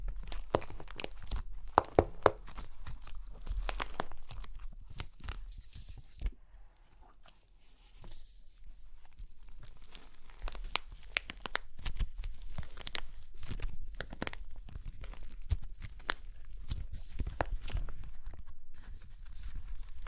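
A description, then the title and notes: Crunchy clay cracking and crumbling in dense bursts of sharp, dry snaps, with crinkling, tearing textures between them. The crunching is busiest early on, thins out around seven seconds, then builds again into irregular clusters of crisp cracks through the end. Super Crunchy Clay Cracking (No Talking).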